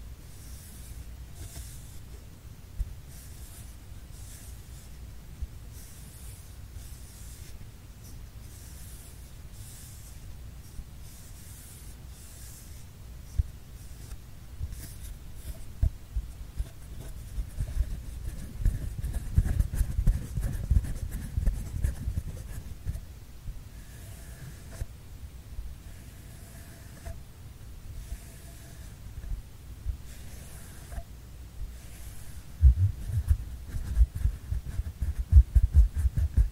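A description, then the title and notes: Rustling and scraping of a paper tube being handled, with soft hollow rubs and faint taps. The sound stays quiet and uneven, growing fuller and louder around twenty seconds and again near the end with sharper knocks. PAPER TUBE SOUND ASMR.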